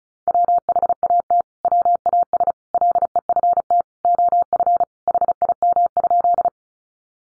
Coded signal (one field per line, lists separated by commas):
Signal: Morse code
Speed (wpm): 34 wpm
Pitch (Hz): 700 Hz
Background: none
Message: WHAT WAS LEFT OF HIM?